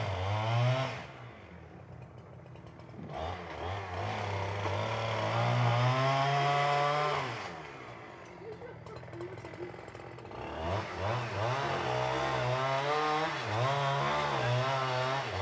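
A chainsaw works through pines, its engine surging and dropping in pitch. It revs hard at the start, holds a loud steady cut from about 3 to 7 seconds, idles lower briefly, then roars again from 10 seconds with a wavering, bouncing whine.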